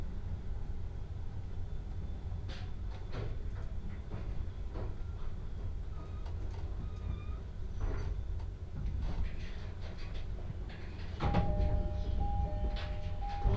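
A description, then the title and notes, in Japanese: A ride on the Utsunomiya Line carries a steady low rumble throughout, with faint clicks and knocks scattered irregularly over it. Just past eleven seconds the noise swells louder and a pair of steady whining tones joins in, holding until the end. 鉄道旅 宇都宮線 浦和→古河。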